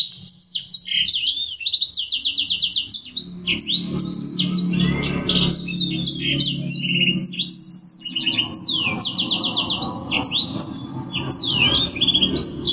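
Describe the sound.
Bird song, a rapid stream of high chirps, trills and quick up-and-down whistled notes running almost without pause, over low background noise.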